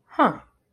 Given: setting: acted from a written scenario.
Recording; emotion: vocal sound without words; realization